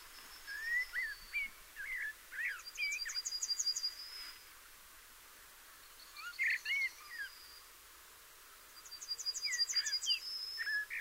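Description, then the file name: Common blackbird warbling in low fluty notes; rapid high trilled series of notes follow some phrases, with pauses between bursts. "Turdus merula"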